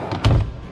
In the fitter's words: locks into place so you can face